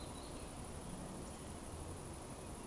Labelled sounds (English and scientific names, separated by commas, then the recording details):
Eurasian Woodcock (Scolopax rusticola) whistle
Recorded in Baden-Württemberg, Germany, on 25 June 2020 at 19:49 UTC
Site 24578, 122 m above sea level